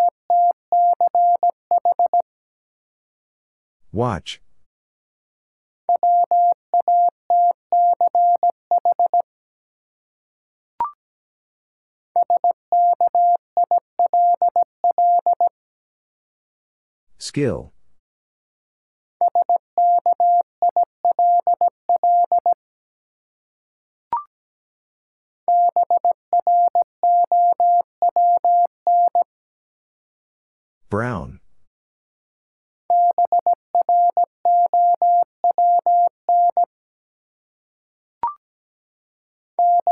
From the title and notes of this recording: Five Letter Words - 17wpm. First, the word is sent in Morse code.